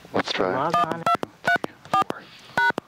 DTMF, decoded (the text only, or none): 1234#